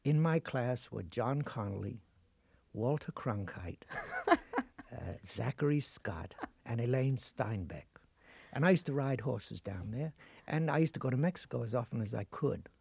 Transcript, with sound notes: In my class were John Connolly, Walter Cronkite...
(Laughing)
...Zachary Scott and Elaine Steinbeck. And I used to ride horses down there, and I used to go to Mexico as often as I could.